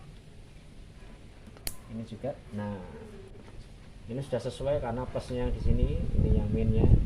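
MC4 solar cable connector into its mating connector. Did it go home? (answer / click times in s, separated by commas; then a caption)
yes / 1.7 s. An MC4 solar panel cable connector, a plastic housing with a locking latch, is pushed into its mating connector until it seats with a sharp click at 1.7 s, preceded by a faint tick at 1.6 s. Someone talks before and after the click, with a low steady hum in the background.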